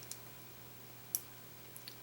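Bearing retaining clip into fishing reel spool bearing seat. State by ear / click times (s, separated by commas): seated / 1.2 s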